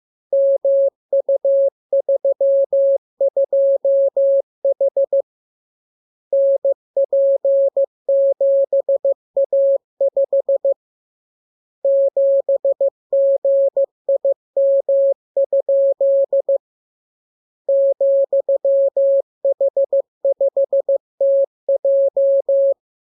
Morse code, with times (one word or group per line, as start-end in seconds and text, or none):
0.3-5.2 MU32H
6.3-10.7 NP7A5
11.8-16.6 7GIM?
17.7-22.7 ,H5TJ